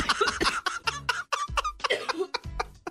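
A rapid string of about a dozen short, harsh bursts over three seconds, some with a voiced, laugh-like edge, in a small room. This is a run of repeated coughing from an adult woman who is sick, partly blending into laughter.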